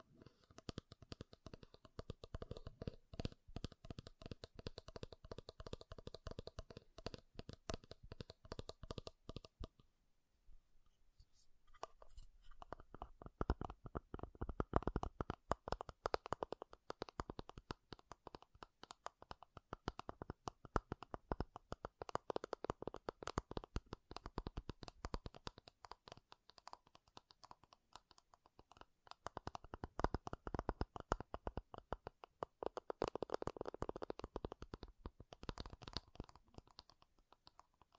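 Makeup tapping and scratching: a dense run of quick, irregular taps and scrapes with a dry, crackly texture. The sound drops out briefly near the ten-second mark, then returns busier, with fuller, thicker stretches of scratching around 15 and 33 seconds.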